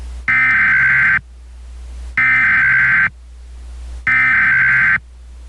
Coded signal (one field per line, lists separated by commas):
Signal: Emergency Alert System (SAME) tones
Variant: header bursts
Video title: EAS SCENARIO - Otherworldly Invasion